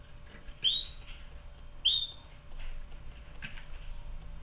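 Canary: two quick upslurred whistled chirps from a canary about a second apart, then soft rustling over a low background hum.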